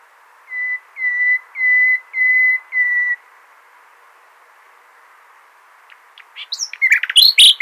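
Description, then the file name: Common nightingale song: five drawn-out, even whistles on one pitch, a pause, then a burst of quick varied chirps. "Luscinia megarhynchos"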